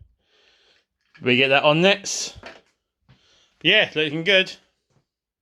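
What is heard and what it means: A spare plastic toy part is handled against the base of a home-built Boulder Hill toy playset made from spare M.A.S.K. parts, while someone talks in two bursts with faint handling noise between them. Nothing has seated or clicked into place yet.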